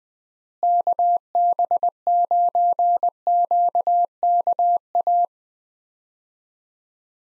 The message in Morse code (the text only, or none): KB9QKA